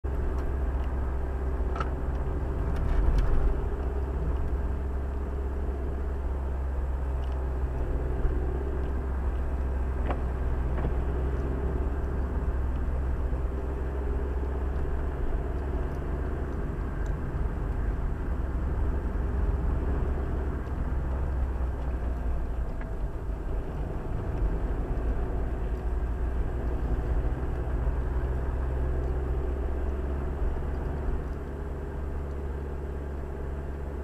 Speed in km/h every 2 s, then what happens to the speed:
39, 39, 40, 38, 38, 37, 38, 42, 42, 39, 37, 31, 34, 36, 41, 43, 42.
0-16 steady at about 39. 16-23 slows to 31. 23-29 speeds up to 43.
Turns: none.